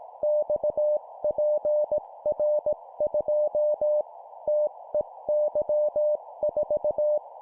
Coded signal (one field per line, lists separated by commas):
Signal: Morse code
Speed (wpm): 18 wpm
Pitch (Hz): 600 Hz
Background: none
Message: XPR2 TEY4